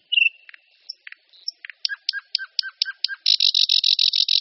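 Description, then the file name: Thrush nightingale song: scattered clicks and notes, a rhythmic run of paired click-and-whistle notes, then a loud, coarse, repeated rattle. "Slavík-tmavý"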